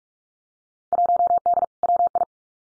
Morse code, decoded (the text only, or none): 1D WI